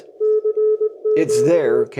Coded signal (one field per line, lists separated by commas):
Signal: Morse code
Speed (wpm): 20 wpm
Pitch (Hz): 430 Hz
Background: speech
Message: CMT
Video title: Radio Helpers for All Hams You Might Have Missed